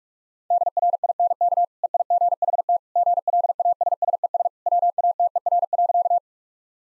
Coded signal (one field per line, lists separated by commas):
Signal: Morse code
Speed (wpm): 46 wpm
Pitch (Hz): 700 Hz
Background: none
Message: DRINK EIGHT GLASSES WATER.